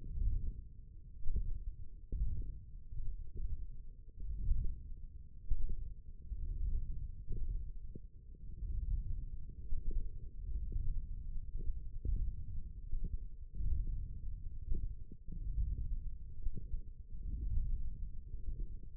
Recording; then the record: forearm muscle sounds (acoustic myography)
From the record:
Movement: wrist extension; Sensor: system 1, eight BSWA MPA416 microphones around the upper forearm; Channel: 4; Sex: male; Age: 18 years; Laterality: right